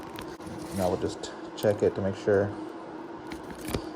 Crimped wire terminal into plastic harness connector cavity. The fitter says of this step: Wait till it clicks.